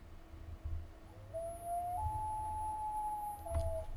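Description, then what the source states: Common loon wail: a long, pure, mournful tone that slides up and holds, then steps higher and sustains before dropping slightly, over low rumbling background noise. Wail call, played back from a loon soundboard; described as a spooky-sounding bird from the woods and a national bird.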